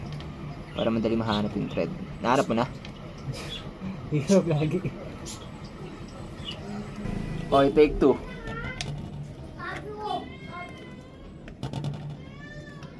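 On a Yamaha Sniper 155R motorcycle, the oil filter cover is held against the engine block while someone feels for the start of its thread on a second attempt before tightening. People talk over faint handling noises, with brief ticks near 8.8 s and around 11.5 to 11.8 s and high warbling tones in the background. Nothing has seated or clicked yet.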